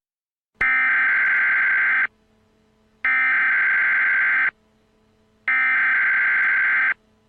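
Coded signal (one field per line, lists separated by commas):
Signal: Emergency Alert System (SAME) tones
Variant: header bursts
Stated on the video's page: Mock EAS activation for a nuclear attack, a simulated live-action event on an Atlanta radio station, made for entertainment.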